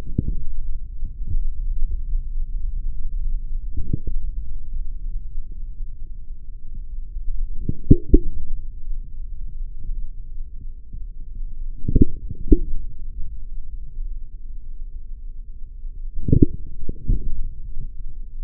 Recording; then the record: forearm muscle sounds (acoustic myography)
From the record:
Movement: forearm supination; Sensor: system 3, bracelet of six PUI Audio POM-2738L microphones around the upper forearm, with dedicated amplification and filtering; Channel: 2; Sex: male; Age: 43 years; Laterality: right